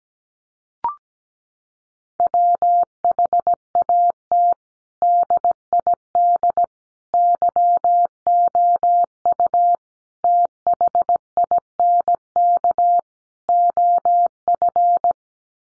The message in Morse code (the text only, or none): WHAT DID YOU THINK OF